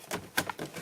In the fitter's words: tu veux comme tu veux tu commences par le bas et tu nor tu descends voilà jusqu'au clic maintenant